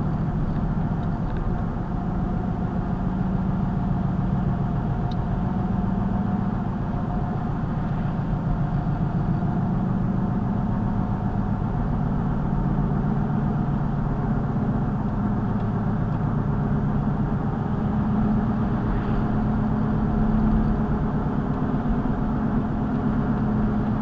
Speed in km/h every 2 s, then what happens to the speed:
61, 61, 61, 61, 61, 68, 69, 69, 69, 69, 72, 74.
0-8 steady at about 61. 8-12 speeds up to 69. 12-24 steady at about 69.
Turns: none.